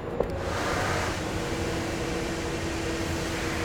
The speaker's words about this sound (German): Und der Mann da drüben staubsaugt den Zug durch ein Loch an der Wand. Das ist kein Staubsauger, obwohl es so aussieht. Mit diesem Gerät saugt der Mann den Inhalt des Toilettentanks ab und leitet ihn in die Kanalisation ein.